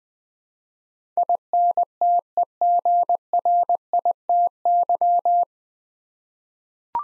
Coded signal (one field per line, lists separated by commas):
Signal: Morse code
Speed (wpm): 20 wpm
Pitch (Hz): 700 Hz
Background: none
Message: INTEGRITY